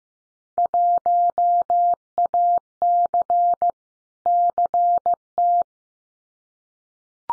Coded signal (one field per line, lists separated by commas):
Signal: Morse code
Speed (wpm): 15 wpm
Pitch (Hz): 700 Hz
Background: none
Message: 1AC CT